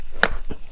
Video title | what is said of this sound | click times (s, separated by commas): Part 1 - Cara Membuat Pakan Komplit Fermentasi Lepas Sapih - Sapi -Kambing dan Domba - 2021 | Setelah itu kita tarik sampai bunyi kliknya. | 0.2 s